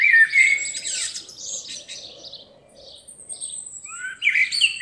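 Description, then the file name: Common blackbird with a loud burst of song at the start, a quieter stretch of fainter notes, then a renewed scratchy phrase. "Turdus merula"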